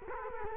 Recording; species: mosquito wingbeat signal from an infrared sensor; Culex quinquefasciatus